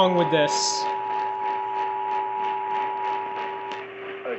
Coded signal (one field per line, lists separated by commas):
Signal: Emergency Alert System (SAME) tones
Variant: 853 and 960 Hz attention tone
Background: speech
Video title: All my homies HATE DXing WXJC. | EAS #2376-2386 (Severe Weather Alerts from 3/30/2022)